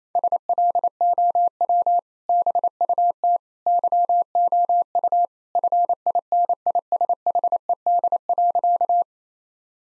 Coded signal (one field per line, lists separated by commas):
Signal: Morse code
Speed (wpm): 28 wpm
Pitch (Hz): 700 Hz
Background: none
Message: SLOW BUT YOU FINISHED.